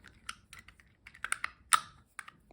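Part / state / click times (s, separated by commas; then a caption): detachable handle onto pot rim / not seated / none. A detachable handle is repeatedly clamped onto the rim of a Modori pot, making a series of short, sharp plastic-and-metal clicks and taps at about 0.3, 1.2, 1.3, 1.4, 1.7 (loudest) and 2.2 seconds. The handle fails to lock onto the pot, and nothing has seated yet.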